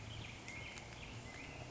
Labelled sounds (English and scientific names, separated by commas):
Black-headed Grosbeak (Pheucticus melanocephalus)